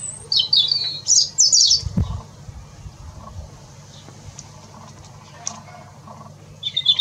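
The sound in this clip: Bird song opens with quick bright twittering phrases, falls quiet apart from soft ticks and a low thump, then high twittering notes return at the end over a steady low hum.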